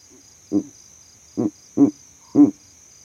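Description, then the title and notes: Verreaux's eagle owl delivering four low, rough hoots at uneven intervals, the last two louder, against a continuous high-pitched insect chorus. Male advertising his territory from a tree in the savanna; captured by an overnight recording rig set up in that same tree. "Owl Calling In The Savanna. This Verreaux's eagle owl advertised his territory from the exact tree that I set up my overnight sound recording rig in"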